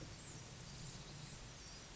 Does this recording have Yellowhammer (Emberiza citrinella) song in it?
no